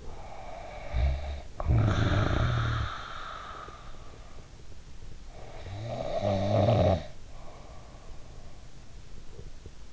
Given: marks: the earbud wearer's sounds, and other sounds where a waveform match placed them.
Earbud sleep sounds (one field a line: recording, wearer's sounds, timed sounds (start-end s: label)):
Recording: sounds in sleep by an in-ear microphone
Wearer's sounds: snoring breath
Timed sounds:
0.00-3.91 s: snoring breath
5.27-8.82 s: snoring breath